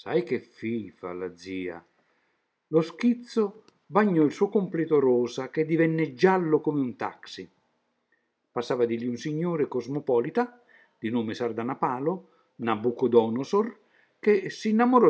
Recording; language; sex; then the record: read passage; Italian; male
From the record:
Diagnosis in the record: healthy control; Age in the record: 76 years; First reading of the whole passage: 56 s, 9.2 characters per second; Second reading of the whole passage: 53 s, 9.7 characters per second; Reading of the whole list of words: 49 s, 5.7 characters per second